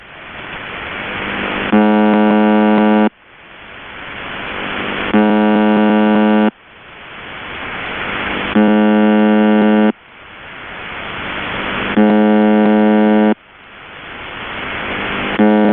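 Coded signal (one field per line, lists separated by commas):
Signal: channel marker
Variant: UVB-76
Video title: The Buzzer (4625khz) - Live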